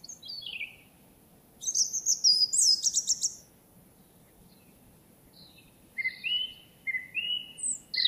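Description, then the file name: European robin song: thin, high, varied warbling phrases, with a rapid trilled burst near the start and sweet drawn-out whistles near the end, separated by pauses. "Erithacus rubecula"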